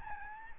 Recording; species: mosquito wingbeat signal from an infrared sensor; Aedes albopictus